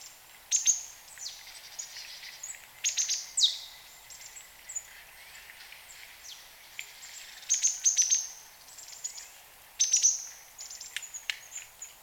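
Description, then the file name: Marsh tit calls: clusters of sharp, very high chipping notes in several bursts, with fainter high ticks between them. "Poecile palustris"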